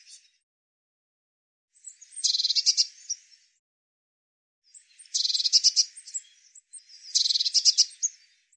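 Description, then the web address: Eurasian blue tit giving three short scratchy churring bursts, spaced about two to three seconds apart, in otherwise quiet surroundings. Recording cleaned and normalized. "cianscape birddata Deverinetal 2025 File cleaned normalized Bird Cy Ca"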